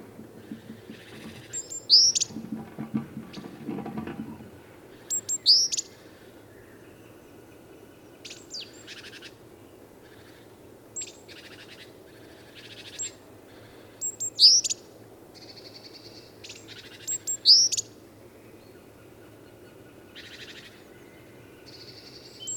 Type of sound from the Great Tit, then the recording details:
call. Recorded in the wild. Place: Hanshagen, Mecklenburg-Vorpommern, DE. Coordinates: 53.444, 11.28. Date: 1975-03-22. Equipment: Nagra III BH, Sennheiser MD 21, parabola. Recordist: Schubert, Michael